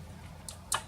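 On a 1927 Remington #2 portable typewriter, the metal lever that raises the typebars is pulled out and locks into its raised position in the frame. A faint tick at 0.5 s comes just before a sharp, bright metal click at 0.7 s as the lever locks in place.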